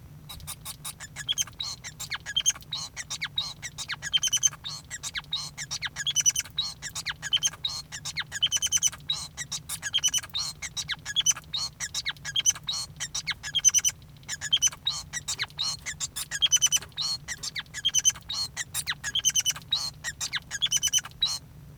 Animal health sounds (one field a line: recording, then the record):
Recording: song of a male Bengalese finch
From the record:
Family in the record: son of father 5